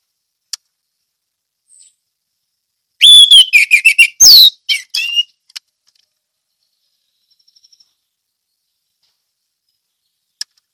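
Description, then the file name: Orange-headed thrush singing one dense burst of varied whistles, slurred notes and rapid chatter lasting about two seconds, with a few isolated clicks before and after. Ngeplong song style. "anis merah ngeplong"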